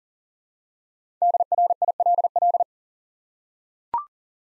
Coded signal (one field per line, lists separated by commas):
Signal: Morse code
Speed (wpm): 41 wpm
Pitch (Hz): 700 Hz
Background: none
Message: DRILL